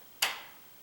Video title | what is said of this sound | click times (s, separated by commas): Adjusting Door Strike Plate Made Easy | it clicked right there that's what I was checking earlier cuz I wanted to make sure that | 0.2 s